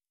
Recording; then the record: hydrophone in a shrimp aquaculture tank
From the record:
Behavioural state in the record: normal